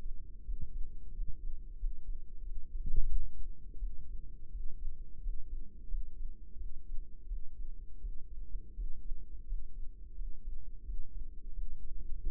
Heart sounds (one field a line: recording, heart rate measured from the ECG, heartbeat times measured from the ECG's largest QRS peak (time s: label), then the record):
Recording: heart sounds by microphone in the right ear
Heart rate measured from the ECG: 87 bpm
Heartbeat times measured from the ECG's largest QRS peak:
0.42 s: heartbeat
1.11 s: heartbeat
1.76 s: heartbeat
2.41 s: heartbeat
3.06 s: heartbeat
3.76 s: heartbeat
4.49 s: heartbeat
5.19 s: heartbeat
5.86 s: heartbeat
6.55 s: heartbeat
7.25 s: heartbeat
7.98 s: heartbeat
8.73 s: heartbeat
9.44 s: heartbeat
10.13 s: heartbeat
10.82 s: heartbeat
11.52 s: heartbeat
12.21 s: heartbeat
From the record:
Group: healthy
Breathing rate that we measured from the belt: 15 breaths a minute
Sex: male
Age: 21 years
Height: 180 cm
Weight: 67.5 kg